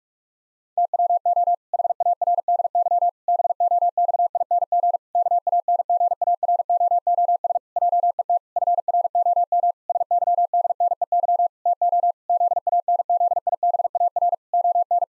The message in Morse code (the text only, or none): TWO HARDY BOXING KANGAROOS JET FROM SYDNEY TO ZANZIBAR ON